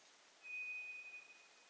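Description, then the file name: White's thrush whistled song note: one thin, level, high whistle held for about a second, steady in pitch, then fading, over soft background hiss. Recorded 2 July 2007. "toratugumi-20070702"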